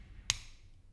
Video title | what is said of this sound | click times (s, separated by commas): Relaxing LEGO Build - Bunny - Calm, Cozy Narration | with a hopefully satisfying click | 0.3 s